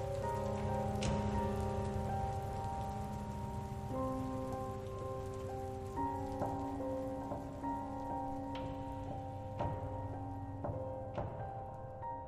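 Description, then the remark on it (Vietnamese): Heavy rain pours in a steady, dense hiss, while soft sustained musical notes ring out over it and a few brighter tones chime in now and then. “Bóng bên người ta nắng đẹp, bên mình chấp nhận mưa giông.”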